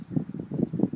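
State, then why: Not seated. Someone presses the hooks of a plastic line guide into the holes of a Ryobi Reel-Easy bump head housing on a string trimmer, making a series of soft, low plastic taps and rubs across the clip. The guide is being put in the wrong way, so it does not go in, and nothing has snapped into place.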